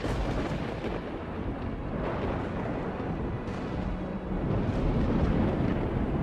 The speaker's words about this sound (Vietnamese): Lôi điện đùng đùng đánh thẳng xuống tên dâu xồm.